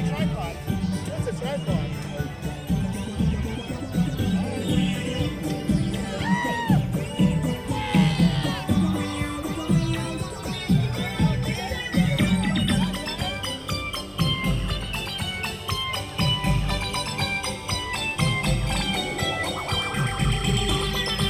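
Crowd at the Main Street Electrical Parade, with a steady mass of overlapping voices and chatter filling the whole stretch. Faint sliding melodic tones and bright tinkling, bell-like sounds drift through above it, while scattered clicks and claps pop up throughout at a fairly even level.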